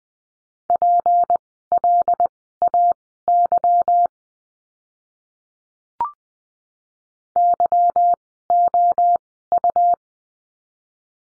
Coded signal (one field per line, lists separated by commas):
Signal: Morse code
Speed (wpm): 20 wpm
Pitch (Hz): 700 Hz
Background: none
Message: PLAY YOU